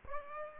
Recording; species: mosquito wingbeat signal from an infrared sensor; Aedes aegypti